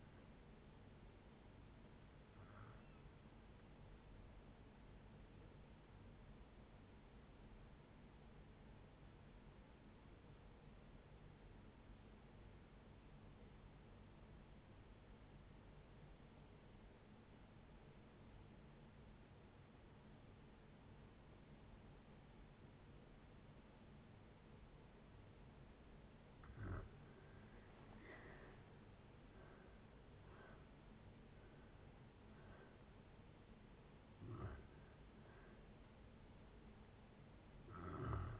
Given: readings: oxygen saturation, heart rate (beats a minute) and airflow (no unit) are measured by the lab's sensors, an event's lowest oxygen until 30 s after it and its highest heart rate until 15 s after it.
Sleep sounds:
breathing in sleep by a voice recorder at the bedside; 1
6.00-27.70 s: obstructive apnea (N2, oxygen 96% highest, then 77% lowest, heart rate 64 at the start, 76 highest)
From the record:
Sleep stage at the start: N2 (light sleep); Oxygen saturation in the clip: 81 to 96%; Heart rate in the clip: 56 to 76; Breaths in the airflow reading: 6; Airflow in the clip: -8.6 to 8.1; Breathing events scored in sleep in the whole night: 496 in 5.4 hours asleep

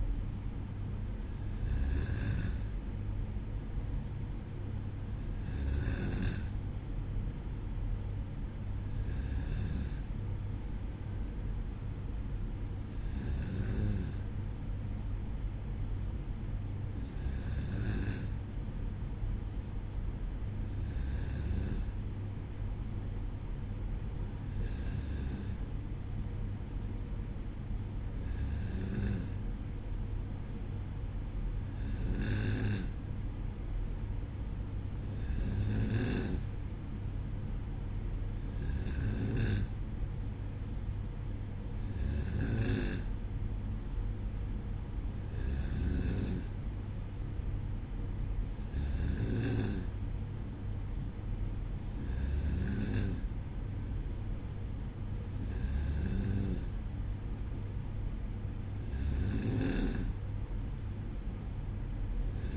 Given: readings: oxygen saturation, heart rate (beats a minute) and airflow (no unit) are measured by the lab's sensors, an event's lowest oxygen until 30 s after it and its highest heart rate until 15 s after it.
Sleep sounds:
breathing in sleep by a smartphone at the bedside; none
none scored
From the record:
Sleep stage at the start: N2 (light sleep); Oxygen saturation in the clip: 93 to 94%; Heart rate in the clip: 56 to 58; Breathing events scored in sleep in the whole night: 305 in 9.6 hours asleep

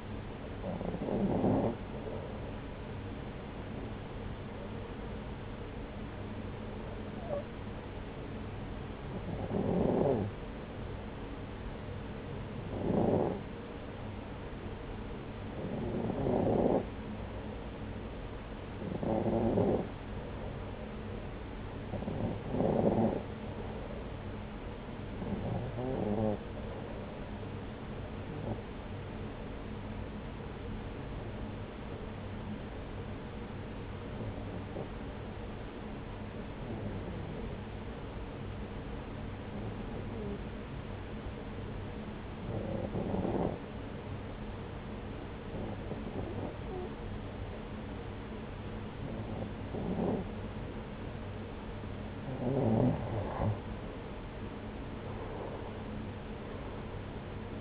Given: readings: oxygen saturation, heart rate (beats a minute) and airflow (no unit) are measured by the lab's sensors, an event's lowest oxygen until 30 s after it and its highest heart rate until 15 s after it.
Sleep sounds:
breathing in sleep by a voice recorder at the bedside; 1
34.00-53.60 s: hypopnea (REM, oxygen 92% highest, then 89% lowest)
From the record:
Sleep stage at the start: REM sleep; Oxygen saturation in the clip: 90 to 93%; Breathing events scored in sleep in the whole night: 303 in 8.1 hours asleep

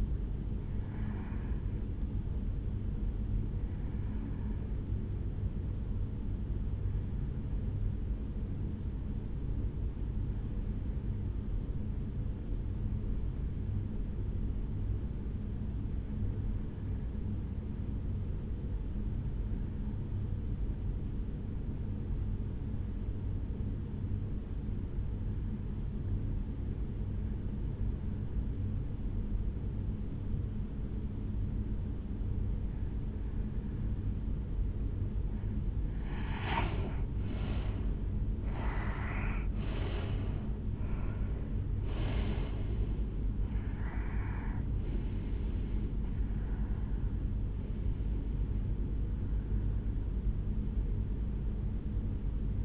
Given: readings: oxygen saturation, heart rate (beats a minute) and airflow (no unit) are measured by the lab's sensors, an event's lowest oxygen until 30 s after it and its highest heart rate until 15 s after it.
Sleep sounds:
breathing in sleep by a smartphone at the bedside; 1
9.00-41.40 s: hypopnea (N1, oxygen 95% highest, then 84% lowest, heart rate 53 at the start, 73 highest)
From the record:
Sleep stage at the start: N1 (lightest sleep); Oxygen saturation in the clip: 83 to 95%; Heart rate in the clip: 52 to 73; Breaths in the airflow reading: 14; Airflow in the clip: -11.0 to 6.3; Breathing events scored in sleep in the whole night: 449 in 7.0 hours asleep

